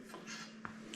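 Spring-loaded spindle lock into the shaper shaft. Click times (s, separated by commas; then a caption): 0.6 s. A spring-loaded spindle lock is engaged by reaching under a woodworking shaper, so the shaft is held for the wrench. A short, quiet metallic click is heard at 0.6 s as the lock seats into the shaper shaft, with a second brief tick near the end. The spindle lock clicks into place.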